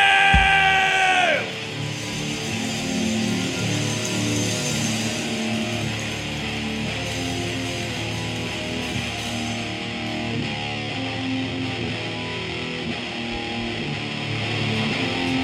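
A large crowd yells and cheers steadily in a dense, continuous roar, opening with a sharp, high shout and then holding one loud, even level throughout, at the opening of the Festival Metalero Nunca Más Terrorismo de Estado contra el Olvido y la Negación, recorded at Parque Capurro.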